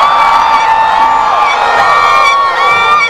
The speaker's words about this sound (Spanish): importantes y se peguen un grito todos los estudiantes.